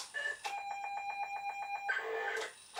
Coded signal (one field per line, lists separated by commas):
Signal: ZX Spectrum tape loading